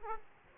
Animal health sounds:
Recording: mosquito wingbeat signal from an infrared sensor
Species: Aedes aegypti

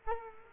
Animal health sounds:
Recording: mosquito wingbeat signal from an infrared sensor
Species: Culex quinquefasciatus

